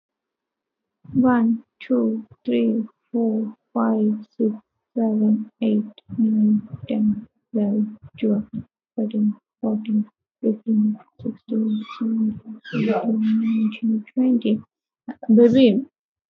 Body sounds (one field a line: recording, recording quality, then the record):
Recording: counting at a normal pace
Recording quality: moderate, slight background noise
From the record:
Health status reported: healthy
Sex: female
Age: 24 years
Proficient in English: yes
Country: India